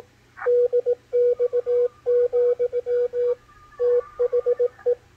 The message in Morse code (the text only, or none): DX, THE